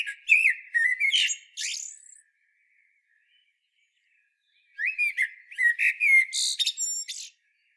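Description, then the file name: Common blackbird singing two phrases, each opening with mellow whistled notes and running into quick, shrill twittering, with a silent pause between. "Turdus merula"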